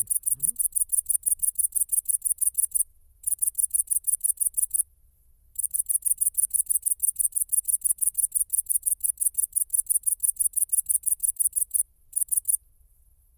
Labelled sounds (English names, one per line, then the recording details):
Great Green Bush-cricket stridulation
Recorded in the wild
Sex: male
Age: imago
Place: Kloster, Insel Hiddensee, Mecklenburg-Vorpommern, DE
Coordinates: 54.5897, 13.1044
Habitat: hedge
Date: 2008-09-09 20:50
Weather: ca. 15°C
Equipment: Sound Devices 702, Sennheiser MKH 70, Windkorb
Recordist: Frommolt, Karl-Heinz